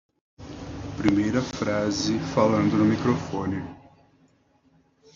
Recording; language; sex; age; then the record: spoken sentence; Brazilian Portuguese; male; 30 to 39 years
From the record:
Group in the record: control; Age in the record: 33 years